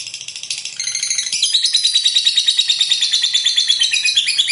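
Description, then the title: Lovebird song opening with a scratchy rattle, then settling into a rapid, high, pulsing chatter of buzzy notes. "Suara Lovebird"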